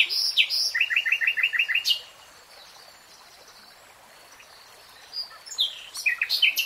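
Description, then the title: Nightingale singing a quick series of sharp repeated notes, a pause of a few seconds, then a new phrase of varied chirps begins. Real-time recording, not slowed. "[Tiếng chim hót] REALTIME Nightingale Singing"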